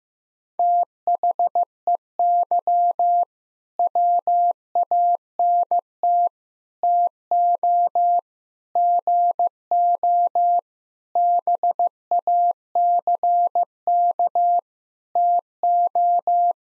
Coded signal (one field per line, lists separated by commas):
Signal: Morse code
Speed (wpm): 15 wpm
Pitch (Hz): 700 Hz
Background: none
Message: THEY WANT TO GO BACK TO